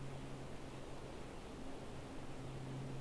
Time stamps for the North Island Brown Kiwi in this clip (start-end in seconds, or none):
none